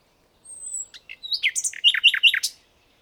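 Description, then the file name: Common nightingale song phrase opening with a thin high whistle, then a jumble of varied chirps and loud repeated downslurred notes in quick succession. "Luscinia megarhynchos"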